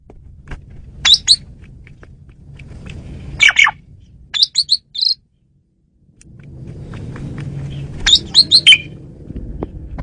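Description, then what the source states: Asian pied starling calling in short bursts of sharp, harmonic chirps and squeaks, separated by gaps, against a steady low rumbling background noise. Female bird, used as a lure bird.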